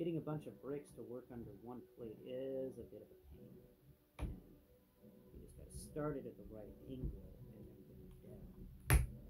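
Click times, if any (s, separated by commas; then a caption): 8.9 s. A crack-in-the-wall rock piece is angled onto a plastic brick build and pressed down onto the studs while someone talks. There is a soft tap at 4.2 s, and at 8.9 s a sharp snap is heard as the piece locks onto the studs and sits solid.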